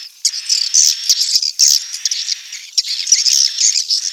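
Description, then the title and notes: Swiftlets give a short run of high, squeaky chirps and thin twitters in loose bursts. Asia; sound used in swiftlet farming to attract the birds. "Swiflet Bird Sound. Farming Swiflet Bird asia sound"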